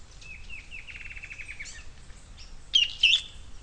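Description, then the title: Bird song: an even, rapid trill of repeated notes, then two loud, high chirps near the end. "LuckyPassaro Completos2Sama"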